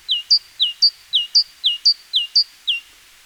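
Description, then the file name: Great tit giving several quick pairs of notes, a lower falling note and a piercing higher one, alternating in an even, bouncy rhythm. "Parus major"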